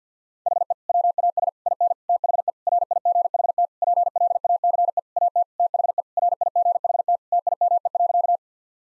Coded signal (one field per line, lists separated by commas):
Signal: Morse code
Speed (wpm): 50 wpm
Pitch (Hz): 700 Hz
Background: none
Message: HE WAS IN THE RIGHT PLACE AT THE RIGHT TIME.